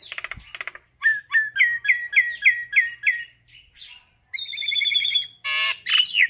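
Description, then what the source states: Common myna calling with rattles and a series of repeated downslurred whistled notes, then a long steady rasping tone and harsh squawks. Calling the flock.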